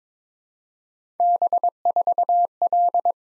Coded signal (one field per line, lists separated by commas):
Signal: Morse code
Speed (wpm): 22 wpm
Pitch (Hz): 700 Hz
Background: none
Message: B4L